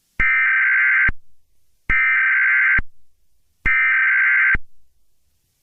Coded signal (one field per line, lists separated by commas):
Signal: Emergency Alert System (SAME) tones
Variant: header bursts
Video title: [EAS] Supervolcano